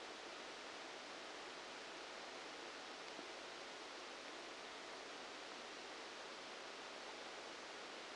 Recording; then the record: brain microelectrode recording played as sound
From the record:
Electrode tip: outside the subthalamic nucleus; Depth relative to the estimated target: -10 mm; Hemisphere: left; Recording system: NeuroSet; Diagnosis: Parkinson's disease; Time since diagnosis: 19 years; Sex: female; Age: 69 years